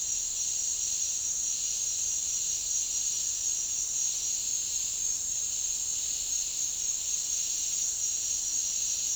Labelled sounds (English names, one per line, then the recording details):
none
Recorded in dense forest near Puerto Asís, Putumayo, Colombia, on 13 March 2025 at 09:30
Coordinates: 0.499, -76.324
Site GP03